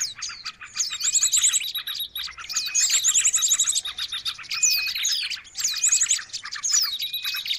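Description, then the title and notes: Birds in a noisy chorus: rattling high trills in bursts, short flat whistles and quick chirps layered on top of one another almost without gaps. Noisy birds, used as a lure for catching birds. "Master Burung Ribut Durasi Panjang. Burung Ribut Pikat"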